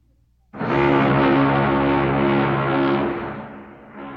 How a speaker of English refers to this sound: Is it a bus or a ship? It's a ship.